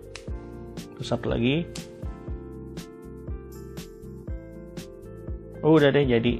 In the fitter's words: terus ini juga ditekuk biar agak sampai bunyi tek, terus